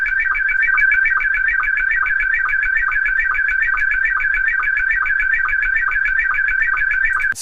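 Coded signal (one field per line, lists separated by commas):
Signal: SSTV (slow-scan television)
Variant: Scottie 1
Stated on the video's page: Shortwave radio broadcast carrying data modes.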